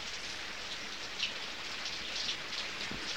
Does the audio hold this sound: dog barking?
no